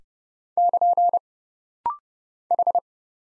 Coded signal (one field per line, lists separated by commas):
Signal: Morse code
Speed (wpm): 29 wpm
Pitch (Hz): 700 Hz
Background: none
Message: <KN> H